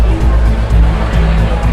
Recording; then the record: background sound without coughing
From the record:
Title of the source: Party Noise 1 Hour Party Ambience